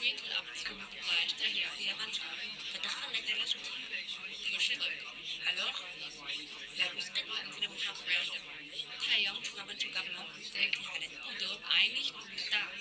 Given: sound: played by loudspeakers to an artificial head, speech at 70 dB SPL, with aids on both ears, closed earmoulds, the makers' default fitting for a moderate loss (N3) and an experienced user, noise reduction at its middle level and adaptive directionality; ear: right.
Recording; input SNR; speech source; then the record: speech test signal (ISTS) in cocktail-party noise; -6 dB; on the right (90 degrees)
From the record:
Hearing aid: class 1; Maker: I